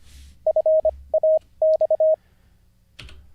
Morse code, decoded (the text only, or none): FAX